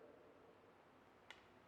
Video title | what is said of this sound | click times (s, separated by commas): Let's check out the new Grimburg Carry - I was pleasantly surprised! | Hear the click. Okay, once you hear the click, stop. | 1.3 s